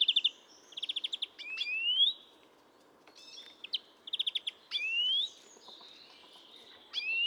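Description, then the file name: European greenfinch calling: quick buzzy trilled bursts alternating with drawn-out rising wheezy notes, several rounds throughout, with faint twittering behind. "Chloris chloris"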